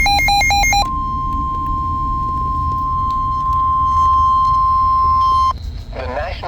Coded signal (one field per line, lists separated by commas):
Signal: Emergency Alert System (SAME) tones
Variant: 1050 Hz attention tone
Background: speech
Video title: severe weather EAS compilation EAS alerts from #4045 - #4081